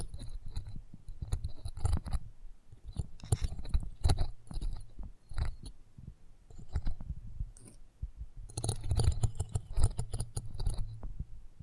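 Close-up microphone treatment: an uneven run of low thumps and rubbing bumps, topped by crisp clicks and scratchy ticks that flare up around two, four and nine to ten seconds. Brief quieter gaps fall near five and eight seconds.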